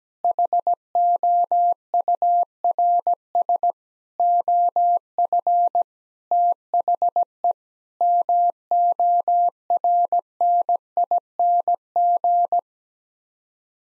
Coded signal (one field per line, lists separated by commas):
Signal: Morse code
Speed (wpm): 17 wpm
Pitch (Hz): 700 Hz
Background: none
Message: HOURS OF THE MORNING